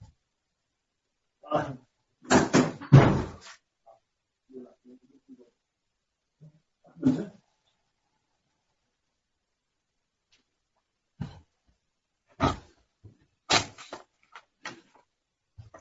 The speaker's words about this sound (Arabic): نعم أستاذ لحظة واحدة أفتح الباب